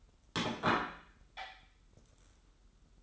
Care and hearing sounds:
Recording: daily activity, microphone in the room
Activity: place plate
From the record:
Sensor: 3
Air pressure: 994.4 hPa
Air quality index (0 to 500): 205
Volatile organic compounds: 1000 ppm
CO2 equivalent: 6799 ppm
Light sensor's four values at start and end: 88/206/85/82 and 88/207/86/82

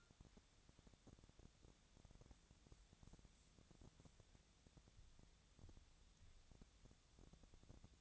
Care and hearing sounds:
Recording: daily activity, microphone in the room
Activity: wipe stove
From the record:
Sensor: 3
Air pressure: 1000.5 hPa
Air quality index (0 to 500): 177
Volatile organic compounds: 3 ppm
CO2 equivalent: 1530 ppm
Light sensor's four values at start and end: 13/31/13/14 and 13/31/13/14

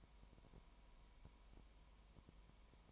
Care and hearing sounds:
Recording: daily activity, microphone in the room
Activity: no activity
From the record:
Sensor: 1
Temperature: 19.1 degrees Celsius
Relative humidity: 34.1%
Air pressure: 1001.3 hPa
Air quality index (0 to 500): 82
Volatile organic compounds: 1 ppm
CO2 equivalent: 822 ppm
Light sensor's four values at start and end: 1/2/1/1 and 1/2/1/1

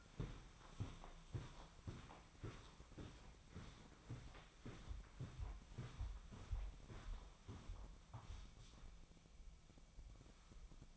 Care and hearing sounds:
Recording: daily activity, microphone in the room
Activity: walk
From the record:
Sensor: 1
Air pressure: 1009.4 hPa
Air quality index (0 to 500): 187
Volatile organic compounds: 4 ppm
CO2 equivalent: 1580 ppm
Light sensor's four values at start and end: 51/137/56/68 and 50/132/54/66

